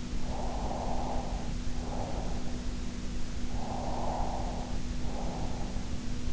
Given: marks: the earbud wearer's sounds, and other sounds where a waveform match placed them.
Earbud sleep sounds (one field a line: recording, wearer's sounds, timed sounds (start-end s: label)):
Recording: sounds in sleep by an in-ear microphone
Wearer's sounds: breath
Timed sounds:
0.23-2.71 s: breath
3.51-5.95 s: breath